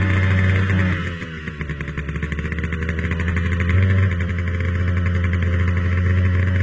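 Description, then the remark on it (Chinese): A motorcycle engine roars steadily with a low, buzzing rumble as it is ridden off the highway, through dense village houses and back lanes, shaking off pursuing police cars. It eases briefly before revving back up and holding a strong, even drone. No one speaks. “田海驾着摩托车又驶离公路，钻进密集的村舍，紧接着又窜进城郊的工房群落，然后七弯八拐的抄小路，终于甩掉了尾随的警车，向西去的方向疾驶而去。”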